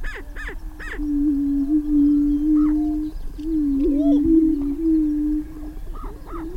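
Greater prairie chicken booming, a low steady hum held for several seconds, with sharp cackling and whooping notes breaking in above it.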